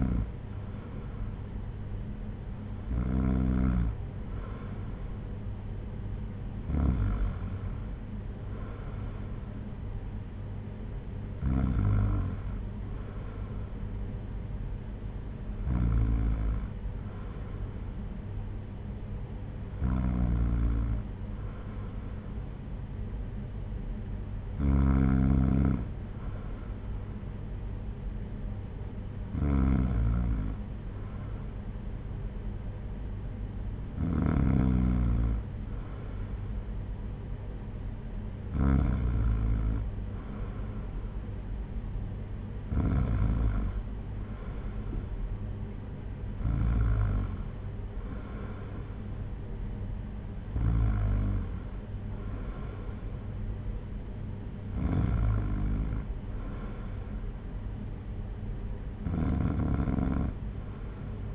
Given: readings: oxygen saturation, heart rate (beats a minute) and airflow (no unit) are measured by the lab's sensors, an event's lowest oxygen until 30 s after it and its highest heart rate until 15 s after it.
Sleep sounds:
breathing in sleep by a smartphone at the bedside; none
none scored
From the record:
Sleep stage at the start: N2 (light sleep); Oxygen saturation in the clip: 93 to 94%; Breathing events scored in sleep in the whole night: 226 in 8.8 hours asleep

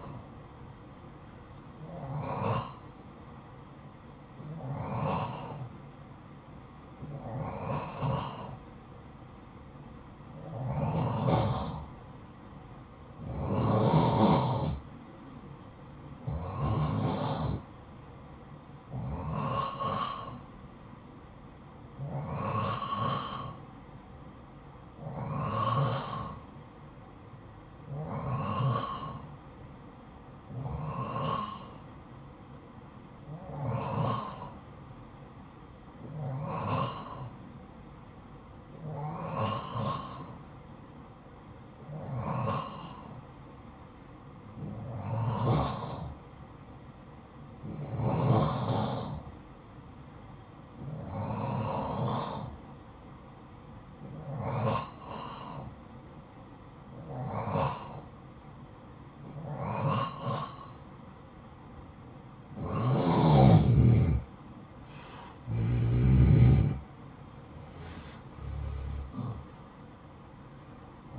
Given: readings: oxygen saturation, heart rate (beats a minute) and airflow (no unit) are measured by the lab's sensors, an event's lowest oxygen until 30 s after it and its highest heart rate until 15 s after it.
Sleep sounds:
breathing in sleep by a smartphone at the bedside; 1
33.00-65.00 s: hypopnea (N2, oxygen 90% highest, then 89% lowest, heart rate 55 at the start, 73 highest)
69.00-71.18 s: new sleep stage, N1 (lightest sleep)
From the record:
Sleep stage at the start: N2 (light sleep); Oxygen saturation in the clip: 89 to 91%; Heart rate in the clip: 53 to 73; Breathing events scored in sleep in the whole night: 573 in 9.8 hours asleep

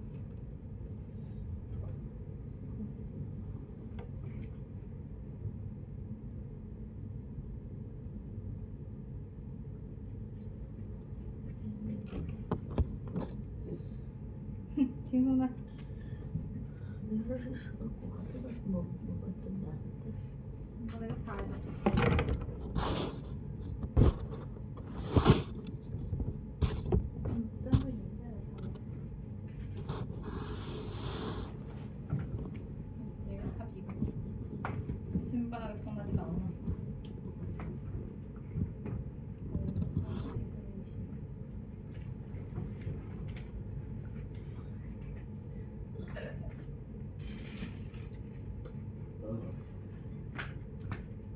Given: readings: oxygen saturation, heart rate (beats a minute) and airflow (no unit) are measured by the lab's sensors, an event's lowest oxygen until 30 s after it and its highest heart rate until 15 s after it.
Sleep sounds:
a person awake in a sleep study, by a smartphone at the bedside; none
0.00-51.36 s: awake
0.00-51.36 s: awake
From the record:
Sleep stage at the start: awake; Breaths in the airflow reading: 18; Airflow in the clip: -1.0 to 1.3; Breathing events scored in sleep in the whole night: 496 in 5.4 hours asleep

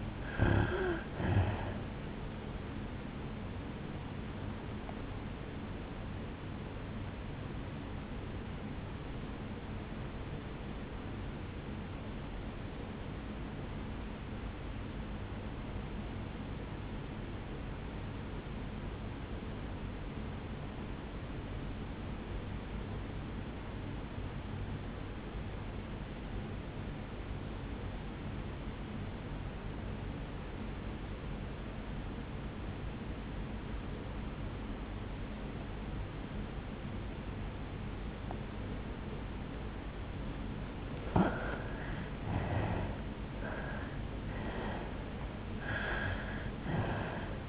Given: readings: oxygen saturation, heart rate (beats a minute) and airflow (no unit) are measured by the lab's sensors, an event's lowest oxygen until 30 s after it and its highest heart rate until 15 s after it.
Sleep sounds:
breathing in sleep by a voice recorder at the bedside; 1
11.00-40.10 s: obstructive apnea (N2, oxygen 97% highest, then 82% lowest, heart rate 56 at the start, 74 highest)
35.00-47.49 s: new sleep stage, N1 (lightest sleep)
From the record:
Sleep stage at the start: N2 (light sleep); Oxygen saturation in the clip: 81 to 97%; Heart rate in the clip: 54 to 75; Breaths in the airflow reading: 4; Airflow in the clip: -8.3 to 6.8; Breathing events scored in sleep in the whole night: 449 in 7.0 hours asleep

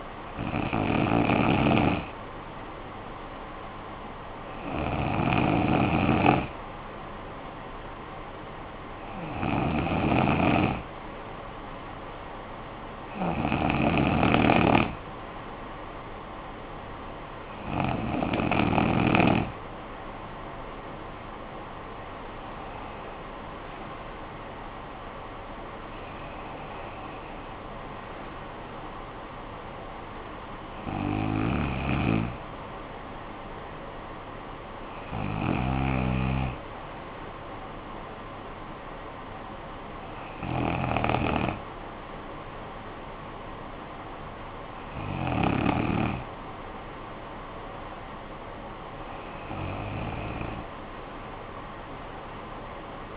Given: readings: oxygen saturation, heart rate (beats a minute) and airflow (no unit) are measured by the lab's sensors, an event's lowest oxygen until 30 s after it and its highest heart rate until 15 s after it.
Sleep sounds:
breathing in sleep by a voice recorder at the bedside; none
39.00-53.17 s: new sleep stage, N2 (light sleep)
From the record:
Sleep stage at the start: N1 (lightest sleep); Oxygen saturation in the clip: 92 to 95%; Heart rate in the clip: 55 to 73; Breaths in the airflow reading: 12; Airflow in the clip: -11.7 to 9.8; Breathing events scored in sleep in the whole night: 445 in 7.6 hours asleep

